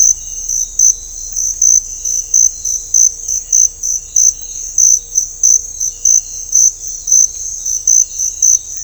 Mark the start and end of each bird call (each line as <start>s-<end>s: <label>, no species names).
3.20s-3.52s: bird call
4.35s-4.69s: bird call